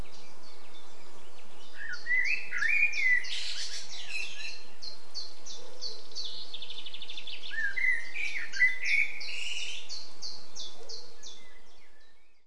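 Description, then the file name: Common blackbird singing two mellow, fluty warbled phrases several seconds apart, each ending in high twittering, over a constant series of rapid, buzzy high-pitched pulses. "Turdus merula"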